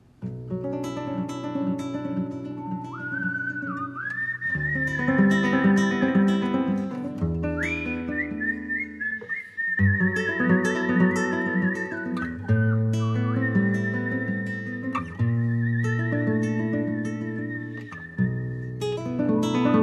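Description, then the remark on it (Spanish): A penetrating human whistle holds long, high notes that step up and down in pitch, riding loudly over a full instrumental backing with a steady pulse and no talking. “Es un sonido penetrante. Es un llamado de atención que queda suspendido en el aire.”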